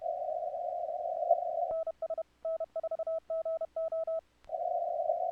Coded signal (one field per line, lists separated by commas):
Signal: Morse code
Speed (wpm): 30 wpm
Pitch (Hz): 1300 Hz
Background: radio noise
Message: NS N4GO